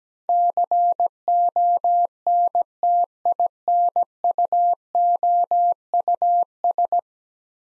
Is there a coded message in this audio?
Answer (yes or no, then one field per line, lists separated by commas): yes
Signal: Morse code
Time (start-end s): 0.3-7.0 s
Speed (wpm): 17 wpm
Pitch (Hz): 700 Hz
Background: none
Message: CONTINUOUS